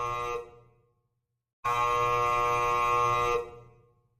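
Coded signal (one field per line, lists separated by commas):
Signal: channel marker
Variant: UVB-76 (The Buzzer)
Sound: two harsh, rasping low buzzes, the second about two seconds long, short silence between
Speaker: an antenna is still broadcasting, and the buzz goes on.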